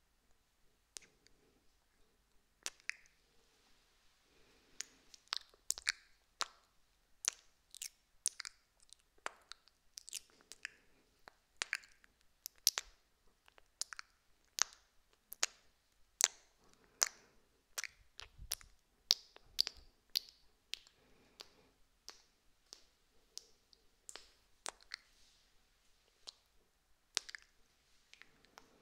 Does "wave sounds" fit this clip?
no